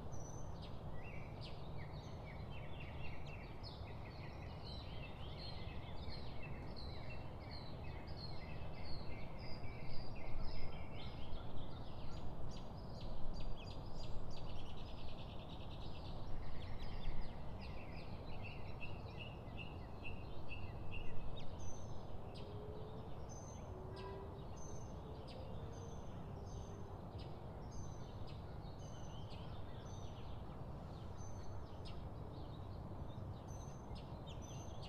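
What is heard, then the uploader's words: Rainforest ambience with a waterfall's steady, dense roar filling the low and middle range throughout. Birds chirp and trill over it, busiest in the first fifteen seconds with rapid repeated high notes, then sparser calls and short whistles later on. Today we have calming rainforest, birds, and waterfall sounds.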